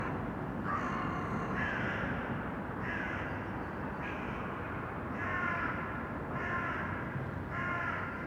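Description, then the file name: Crows cawing in harsh, buzzy calls, several in a row, over a steady low roar of background noise. Urban crows. "Detunized - Urban Crows"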